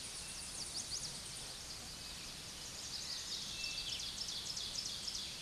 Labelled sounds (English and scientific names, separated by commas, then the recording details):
Ovenbird (Seiurus aurocapilla) song
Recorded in a Pennsylvania forest on 16 May 2024 at 06:45
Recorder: AudioMoth, point MSD-0521
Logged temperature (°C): 15.8 °C
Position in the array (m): 81 m, 27 m